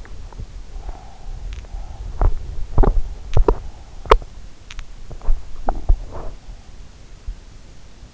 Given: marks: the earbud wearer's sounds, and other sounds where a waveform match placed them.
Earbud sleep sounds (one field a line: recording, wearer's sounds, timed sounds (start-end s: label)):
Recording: sounds in sleep by an in-ear microphone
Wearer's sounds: breath, teeth grinding, body movement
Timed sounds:
0.70-2.18 s: breath
2.18-4.64 s: teeth grinding
4.96-6.39 s: body movement